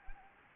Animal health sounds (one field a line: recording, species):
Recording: mosquito wingbeat signal from an infrared sensor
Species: Anopheles gambiae